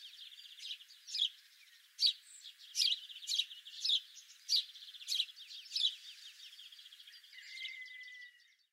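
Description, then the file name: House sparrow chirping: sharp, unevenly spaced chirps over a soft buzzy twitter, followed by a short, thin whistled note near the end. "Passer domesticus"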